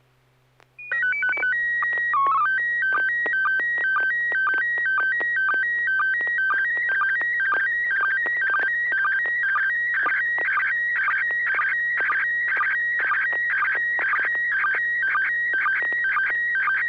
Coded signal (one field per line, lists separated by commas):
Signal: SSTV (slow-scan television)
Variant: PD 120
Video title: N6NA SSTV Net - 03/13/2024